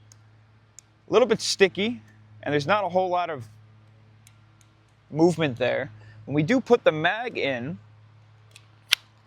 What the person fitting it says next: it locks in place nice and solid, and we'll check out the wiggle.